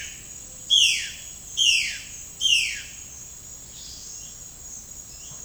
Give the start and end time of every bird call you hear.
0.00s-2.86s: bird call (1.2-6.3 kHz)
3.70s-4.37s: bird call (2.0-5.8 kHz)

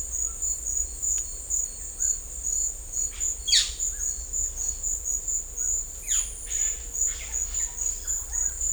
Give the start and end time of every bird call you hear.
0.23s-0.38s: bird call (1.1-1.7 kHz)
1.97s-2.10s: bird call (1.2-2.1 kHz)
3.46s-3.68s: bird call (1.5-5.6 kHz)
6.02s-6.30s: bird call (1.0-6.3 kHz)
7.09s-7.30s: bird call (1.3-4.1 kHz)

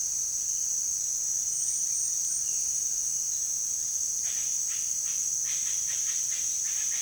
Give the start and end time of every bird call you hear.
4.12s-7.02s: bird call (0.6-5.1 kHz)

